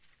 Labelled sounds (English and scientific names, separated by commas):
Black-throated Green Warbler (Setophaga virens) flight call